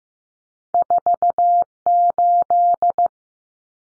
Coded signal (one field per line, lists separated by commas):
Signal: Morse code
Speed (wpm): 15 wpm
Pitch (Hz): 700 Hz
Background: none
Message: 48